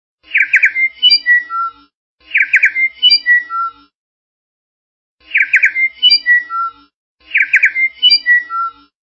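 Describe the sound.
Bird call, a rapid buzzy trill followed by a few clear whistled notes, the same phrase given four times with silent pauses between.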